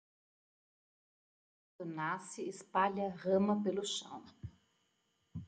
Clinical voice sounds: short text; Brazilian Portuguese; female; 50 to 59 years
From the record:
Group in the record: control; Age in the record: 52 years

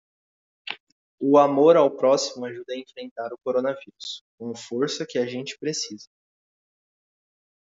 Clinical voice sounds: spoken sentence; Brazilian Portuguese; male; 18 to 19 years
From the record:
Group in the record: control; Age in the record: 19 years

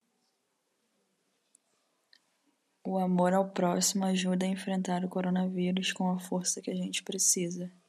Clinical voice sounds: spoken sentence; Brazilian Portuguese; female; 20 to 29 years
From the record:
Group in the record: control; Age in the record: 26 years

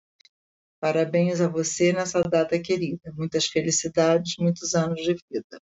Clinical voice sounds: short text; Brazilian Portuguese; female; 60 to 69 years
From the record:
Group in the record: control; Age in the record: 62 years

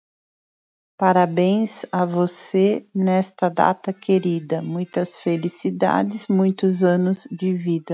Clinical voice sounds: short text; Brazilian Portuguese; female; 50 to 59 years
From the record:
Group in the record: control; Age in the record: 53 years

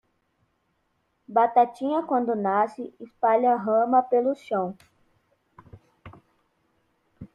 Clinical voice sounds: short text; Brazilian Portuguese; female; 40 to 49 years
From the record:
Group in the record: control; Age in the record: 47 years

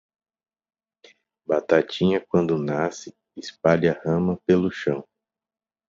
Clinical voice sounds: short text; Brazilian Portuguese; male; 40 to 49 years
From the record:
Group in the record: control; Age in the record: 41 years

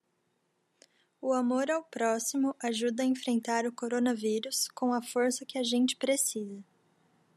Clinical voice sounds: spoken sentence; Brazilian Portuguese; female; 20 to 29 years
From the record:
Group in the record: control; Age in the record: 22 years

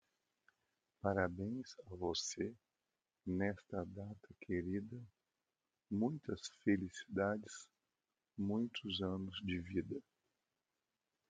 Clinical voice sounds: short text; Brazilian Portuguese; male; 50 to 59 years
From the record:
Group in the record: control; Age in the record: 55 years

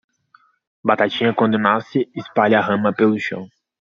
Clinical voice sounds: short text; Brazilian Portuguese; male; 20 to 29 years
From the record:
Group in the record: control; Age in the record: 22 years

